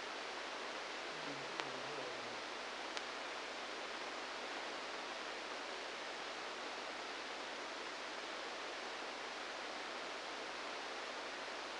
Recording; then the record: brain microelectrode recording played as sound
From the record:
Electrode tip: inside the subthalamic nucleus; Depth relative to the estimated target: -1 mm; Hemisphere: left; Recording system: NeuroSet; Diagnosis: Parkinson's disease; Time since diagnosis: 10 years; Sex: male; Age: 63 years